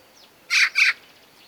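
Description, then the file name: Eurasian magpie call, a harsh chattering double rasp, two short bursts in quick succession. "Pica pica"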